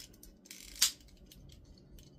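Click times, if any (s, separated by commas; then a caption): 0.8 s. The plastic feet of a Studio Series 86 Blurr transforming robot figure are flipped down and pushed into place in the leg joints during transformation. Faint plastic handling ticks lead up to one sharp, solid click at 0.8 s. The feet snap in and are seated.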